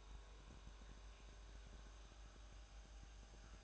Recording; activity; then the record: daily activity, microphone in the room; make coffee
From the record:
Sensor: 2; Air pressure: 1007.2 hPa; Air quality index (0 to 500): 41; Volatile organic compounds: 1 ppm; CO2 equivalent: 542 ppm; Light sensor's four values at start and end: 6/14/6/6 and 6/14/6/6